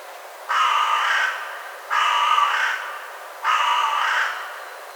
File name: Corvus corone